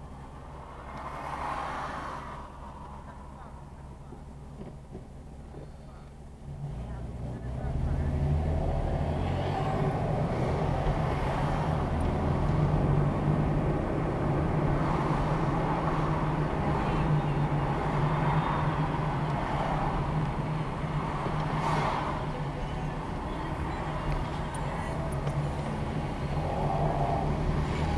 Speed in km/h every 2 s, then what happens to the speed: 0, 0, 0, 11, 19, 27, 32, 29, 26, 21, 18, 19, 19, 26.
0-4 standing. 4-11 pulls away to 32. 11-19 slows to 18. 19-24 steady at about 19. 24-28 speeds up to 26.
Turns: 21-28.